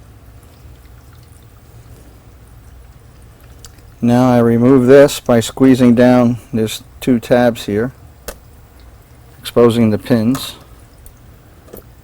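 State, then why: Released. Someone talks while removing the plastic protective cover from a Threadripper CPU socket by squeezing down its two tabs, which exposes the socket pins. A sharp click is heard at 8.3 s as the cover unclips and is released.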